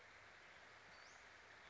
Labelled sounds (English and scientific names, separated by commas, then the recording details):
Western Flycatcher (Empidonax difficilis)
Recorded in Sonoma County, California